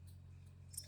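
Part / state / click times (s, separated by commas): slip clutch of an electric camper stabilizer jack / torque reached / 0.8 s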